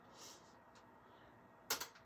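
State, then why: Seated. A metal bobbin case is reinserted into the hook of a Handi Quilter longarm sewing machine. After faint handling sounds, a sharp snap at 1.7 s marks it seating into place, with a brief rattle just after. The case is confirmed seated; a missed snap can knock the machine's timing off.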